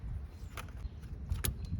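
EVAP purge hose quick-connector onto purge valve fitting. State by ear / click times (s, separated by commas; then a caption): seated / 1.5 s. On a 2.4 Ecotec engine, the EVAP purge hose, routed under the purge valve in the slot between the engine and the valve, is pushed up onto the purge valve fitting. Faint handling noise leads to a softer tick at 0.6 s and then a sharp, bright snap at 1.5 s as the plastic quick-connector seats. The connector is confirmed snapped on.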